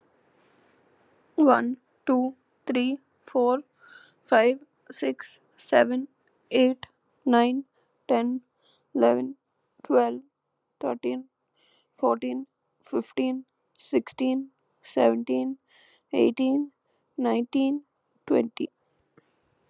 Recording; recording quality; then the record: counting at a normal pace; excellent, no background noise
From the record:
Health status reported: COVID-19 positive, mild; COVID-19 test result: positive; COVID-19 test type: RT-PCR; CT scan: not taken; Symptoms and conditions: cough, cold, fever, fatigue, muscle pain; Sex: female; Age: 26 years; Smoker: no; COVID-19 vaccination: both doses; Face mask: not worn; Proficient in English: yes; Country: India